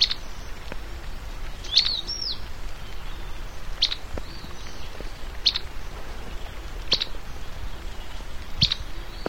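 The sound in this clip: White-throated tyrannulet calls: sharp, high chipping notes repeated every second or two, with a thin slurred arching note early on, over steady low background hiss.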